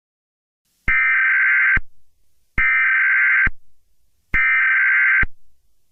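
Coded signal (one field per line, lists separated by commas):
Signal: Emergency Alert System (SAME) tones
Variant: header bursts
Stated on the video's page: Fictional EAS scenario about summer heat, containing both valid and invalid EAS tones.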